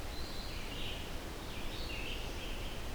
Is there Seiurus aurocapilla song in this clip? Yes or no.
no